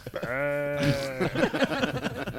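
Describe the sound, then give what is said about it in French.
A person gives a vocal cow imitation, one steady, droning moo held for about half a second, then quickly breaks into rapid, choppy talking. “Refais-nous la vache qui chie.”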